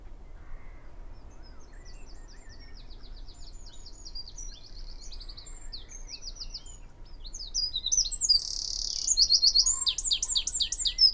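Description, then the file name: Eurasian wren song building from faint, thin high notes into a loud, fast rattling trill and sharp chirps during the final few seconds. "Troglodytes troglodytes"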